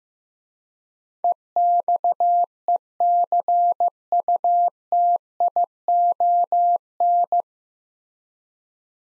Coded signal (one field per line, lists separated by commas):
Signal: Morse code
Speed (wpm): 15 wpm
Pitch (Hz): 700 Hz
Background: none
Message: EXECUTION